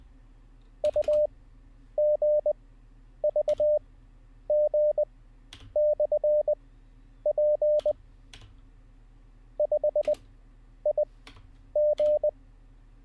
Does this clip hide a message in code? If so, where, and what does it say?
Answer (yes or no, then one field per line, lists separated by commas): yes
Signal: Morse code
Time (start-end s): 0.8-12.3 s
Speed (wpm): 20 wpm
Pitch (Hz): 600 Hz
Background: none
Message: UGVG/P 5IG